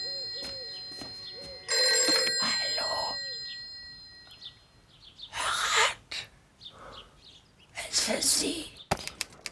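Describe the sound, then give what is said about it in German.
A telephone rings with a warbling, high electronic tone over the first few seconds, followed by scattered bursts of rustling noise and a sharp click near the end. “Ein Telefon? Es gibt hier ein Telefon?”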